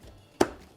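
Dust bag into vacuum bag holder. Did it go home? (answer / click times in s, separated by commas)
yes / 0.4 s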